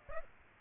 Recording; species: mosquito wingbeat signal from an infrared sensor; Aedes aegypti